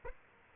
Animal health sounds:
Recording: mosquito wingbeat signal from an infrared sensor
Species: Aedes aegypti

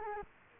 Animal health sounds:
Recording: mosquito wingbeat signal from an infrared sensor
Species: Culex quinquefasciatus

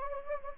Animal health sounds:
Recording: mosquito wingbeat signal from an infrared sensor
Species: Anopheles gambiae

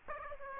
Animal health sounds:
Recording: mosquito wingbeat signal from an infrared sensor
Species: Aedes aegypti

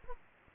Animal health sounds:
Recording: mosquito wingbeat signal from an infrared sensor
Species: Aedes aegypti

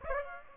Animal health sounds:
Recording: mosquito wingbeat signal from an infrared sensor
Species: Aedes aegypti

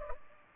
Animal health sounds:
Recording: mosquito wingbeat signal from an infrared sensor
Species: Culex pipiens

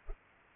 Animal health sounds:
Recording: mosquito wingbeat signal from an infrared sensor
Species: Culex pipiens

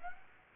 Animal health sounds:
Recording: mosquito wingbeat signal from an infrared sensor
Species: Aedes aegypti

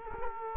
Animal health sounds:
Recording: mosquito wingbeat signal from an infrared sensor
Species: Culex quinquefasciatus

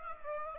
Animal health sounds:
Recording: mosquito wingbeat signal from an infrared sensor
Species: Aedes aegypti

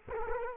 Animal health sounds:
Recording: mosquito wingbeat signal from an infrared sensor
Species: Culex quinquefasciatus

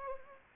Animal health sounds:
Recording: mosquito wingbeat signal from an infrared sensor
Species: Anopheles gambiae

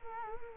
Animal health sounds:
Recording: mosquito wingbeat signal from an infrared sensor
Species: Culex quinquefasciatus

